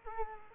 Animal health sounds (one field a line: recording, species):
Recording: mosquito wingbeat signal from an infrared sensor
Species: Culex quinquefasciatus